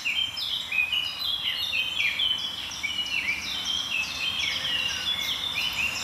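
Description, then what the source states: Eurasian blackcaps singing: several overlapping bright warbling phrases, rich and fluting, tumbling up and down with no pause, over a soft steady background hiss. At least four singing at once at a forest edge above a misty morning valley of tall grass and bracken; song a greeting at the edge; likes hedges, shrubs and dense bramble thickets.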